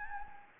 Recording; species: mosquito wingbeat signal from an infrared sensor; Anopheles gambiae